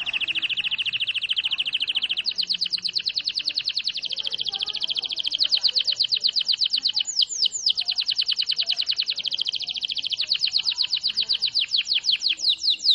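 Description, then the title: Canary song: continuous high rolling trills of quickly repeated notes for over twelve seconds, with slight changes in speed and pitch. Canary singing long rolls; a master recording for training other birds. "Master Burung Jos. Kenari ngerol panjang"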